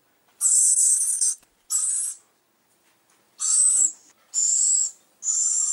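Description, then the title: Bird giving harsh, hissing screeches, each lasting half a second to a second, five bursts separated by silent gaps. "LuckyKumpulan SuaraBurung"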